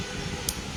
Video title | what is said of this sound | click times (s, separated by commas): container items 19.07.2022 Rana Adnan | अब ये lock हो गया, पिछले वाला बटन दबा के आप इसको बंद कर सकते | 0.5 s